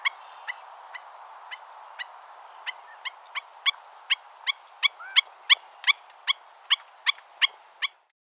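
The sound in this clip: Stilt calls: sharp, yapping notes repeated rapidly, growing louder and slightly quicker.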